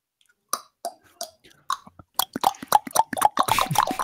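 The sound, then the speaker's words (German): Sharp tongue clicks made with the mouth, a few spaced pops at first, then a quick, dense flurry of overlapping clicks that grows busier and louder, like a crowd clicking instead of clapping. “Das sollte man auf College Campuses einführen, so anstatt zu klatschen, dann klackern alle mit dem Mund so.”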